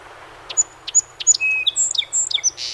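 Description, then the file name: Song sparrow song opening with three sharp, evenly spaced introductory notes, followed by a busy mix of high whistles, chips and a drawn-out tone. Recorded 7 June 2018; recording holds 21 songs. "2018-06-07 SOSP 21 Songs"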